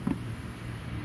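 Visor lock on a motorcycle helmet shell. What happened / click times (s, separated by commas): The visor lock has not yet clicked shut / none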